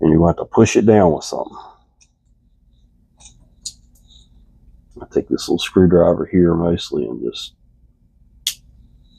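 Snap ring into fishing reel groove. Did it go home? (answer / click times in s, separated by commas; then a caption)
yes / 8.5 s. A stiff snap ring in a Zebco Cardinal 3 fishing reel is pushed down into its groove with a small screwdriver while someone talks. There are faint clicks in between, then a sharp snap at 8.5 s as the ring pops into place and seats.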